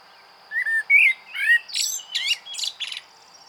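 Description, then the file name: Common blackbird song phrase opening with mellow fluted whistles and climbing into a rapid series of high, scratchy, squeaky notes, above a steady high tone. "Turdus merula"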